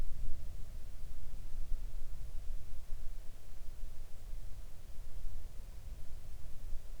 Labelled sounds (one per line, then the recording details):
near silence
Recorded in the Arctic National Wildlife Refuge, Alaska, on 3 August 2019 at 06:03
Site 41